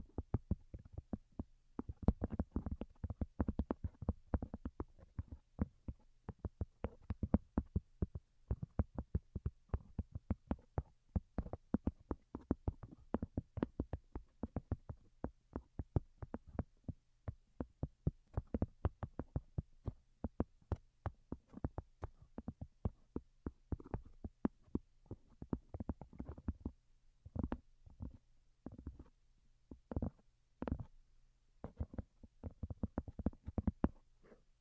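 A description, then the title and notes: Soft, delicate tapping runs steadily through all 35 seconds, with dense clusters of quick taps broken by brief pauses, thinning toward the end. Each tap is short and fairly bright. A faint low hum sits underneath throughout. Most Delicate and Calming Tapping. (No Talking).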